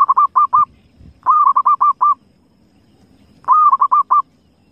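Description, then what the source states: Zebra dove cooing: the end of one burst, then two full bursts of quick, rolling notes, each starting with a longer coo and ending in several short staccato beats, with a faint low rumble underneath. Lure call used for trapping zebra doves.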